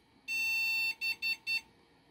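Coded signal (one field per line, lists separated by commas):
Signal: beep code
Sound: a harsh high buzzer: one long beep followed by three short beeps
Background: quiet room hum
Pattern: 1 long, 3 short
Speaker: make sure we get some post beeps I I don't even have a video card installed yet we still have to sort that out however uh it should give us some uh post error beeps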